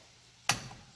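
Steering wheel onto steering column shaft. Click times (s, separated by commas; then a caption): 0.5 s. A truck's steering wheel, realigned to sit straight, is pushed back onto the splined steering column shaft. After near silence, one sharp click sounds at 0.5 s, then fades quickly. The wheel is seated on the splines in its riding position, but the nut is not yet tightened.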